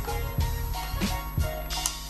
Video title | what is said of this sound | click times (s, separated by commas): VLOG #14 UNBOXING CANON EOS M50 - VLOGGING CAMERA - TAGALOG VERSION - GRAECY ✈️ | Pag narinig mo na yung click, connected na. | 1.9 s